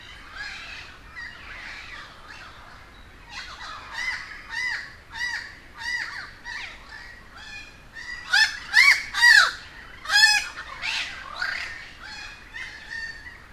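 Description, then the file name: Crow calls, a series of nasal, harmonic caws repeated in quick runs, growing louder and more insistent in the later part, then tapering off. A gathering of many crows at Humboldt Park, Cuba. "Quiet American - aaron ximm-humbold park cuba-convocation of crows"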